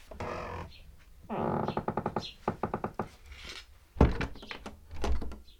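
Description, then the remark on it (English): A voice mimics a squeaking door with drawn-out, creaky tones that break into a rapid rattling pulse, followed by a sharp thump and one more brief vocal creak. “Oh, there's a good, good door squeaking sound effect. Do the door squeak for me.”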